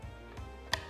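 A quick-swap battery pack slides into the deck of an Apollo Explore V1 electric scooter and latches with a single sharp click at 0.7 s over a low background hum. The pack is seated, and that crisp click is the sound wanted from a swappable battery.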